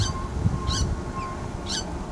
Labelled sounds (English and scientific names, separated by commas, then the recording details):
Carib Grackle (Quiscalus lugubris)
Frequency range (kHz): Carib Grackle (Quiscalus lugubris) 1.2-19.1 kHz
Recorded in pastures near Pivijay, Magdalena, Colombia, on 17 April 2023 at 16:00
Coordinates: 10.456, -74.369
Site P6-G026